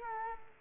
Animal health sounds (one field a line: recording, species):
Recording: mosquito wingbeat signal from an infrared sensor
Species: Culex quinquefasciatus